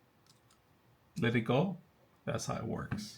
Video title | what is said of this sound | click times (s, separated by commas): VEVOR Snap Ring Pliers Set | snaps in place | 0.3 s, 0.5 s